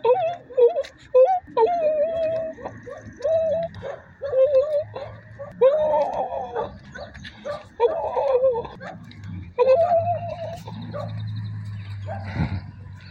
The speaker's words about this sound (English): I like hearing the coyotes in that. They make the funniest noises.